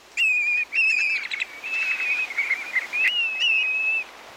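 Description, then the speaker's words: Black-bellied Plover flight song: clear, high whistled phrases, wavering slightly in pitch, running almost continuously for about four seconds. Male circling overhead giving its flight song on tundra breeding grounds in the Arctic National Wildlife Refuge. "Here, a male circles overhead while giving its flight song."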